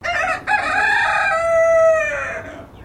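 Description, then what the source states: Silkie chicken crowing once, a hoarse drawn-out call with a brief catch near the start, then a long sustained note that fades and drops at the end. Silkie chicken crowing in the distance.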